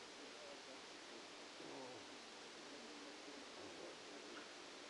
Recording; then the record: brain microelectrode recording played as sound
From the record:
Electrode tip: outside the subthalamic nucleus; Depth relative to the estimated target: 7 mm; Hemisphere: left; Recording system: NeuroSet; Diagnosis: Parkinson's disease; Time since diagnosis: 8 years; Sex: male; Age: 65 years